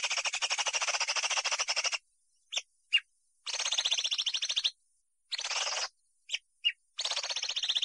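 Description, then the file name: Greater green leafbird singing long, rapid chattering phrases broken by a few short, sharp notes and brief silences. Imported bird. "cucak hijau impor"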